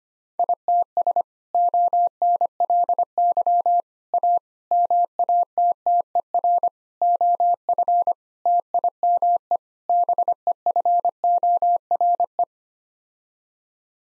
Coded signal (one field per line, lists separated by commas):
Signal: Morse code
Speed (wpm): 25 wpm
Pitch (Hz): 700 Hz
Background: none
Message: ITS ONLY A MATTER OF TIME BEFORE